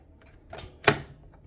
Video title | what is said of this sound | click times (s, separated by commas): Ninja DualBrew System Coffee Maker Review | you can see it clicks into place and then you can actually lift up this whole entire thing which is removable | 0.9 s